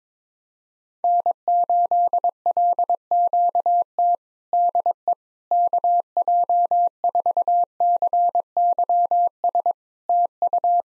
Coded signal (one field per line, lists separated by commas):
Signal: Morse code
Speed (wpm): 22 wpm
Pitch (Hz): 700 Hz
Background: none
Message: N8LQT DE KJ4CYS TU